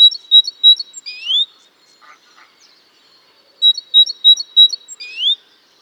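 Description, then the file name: Great tit call: a few short, bright high notes, then a rising slurred whistle; the phrase returns after a pause of roughly two seconds. "Parus major"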